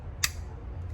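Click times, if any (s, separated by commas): 0.2 s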